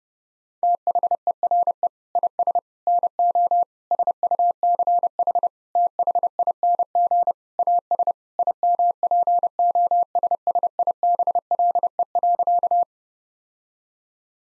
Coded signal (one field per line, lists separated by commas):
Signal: Morse code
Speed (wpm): 30 wpm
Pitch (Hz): 700 Hz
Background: none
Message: THERE IS NO SUCH THING AS IMPOSSIBLE.